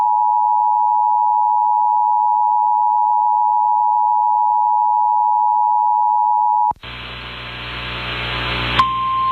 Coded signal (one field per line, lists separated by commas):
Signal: Emergency Alert System (SAME) tones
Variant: 853 and 960 Hz attention tone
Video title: [EAS] WQDR - Tornado Watch Activation - 8/8/2024